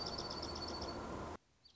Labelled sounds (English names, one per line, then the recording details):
Dark-eyed Junco
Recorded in Sonoma County, California